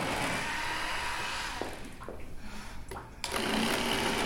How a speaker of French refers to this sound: Et la poussière d'os, ça se réglera à l'aspirateur.